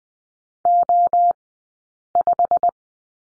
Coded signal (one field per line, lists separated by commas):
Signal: Morse code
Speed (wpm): 20 wpm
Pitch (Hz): 700 Hz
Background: none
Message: O5